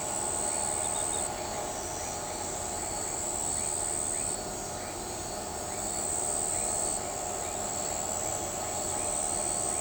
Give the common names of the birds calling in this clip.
none